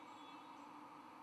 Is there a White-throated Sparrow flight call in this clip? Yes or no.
no